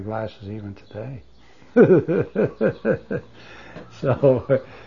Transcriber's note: he laughs